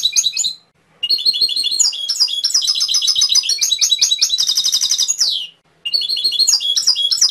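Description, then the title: Canary song of rapid trilled phrases, shifting through buzzy rolls and a high descending sweep, with two brief pauses. Canary training (masteran) song with full fill-in (isian) phrases. "mster Mnuk. Masteran Kenari Full Isian"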